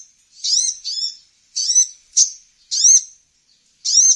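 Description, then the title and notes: Brown-throated sunbird calling in several short, high, squeaky bursts. Actively singing (gacor). "Kolibri Gacor. Kolibri Kelapa"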